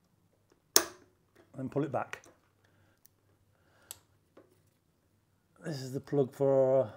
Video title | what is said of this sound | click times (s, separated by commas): Royal Enfield Himalayan 411 Fuel Pump Failure #royalenfieldriders #himalayanriders #himalayan411 | If you push that on, you should hear it click, and | 0.8 s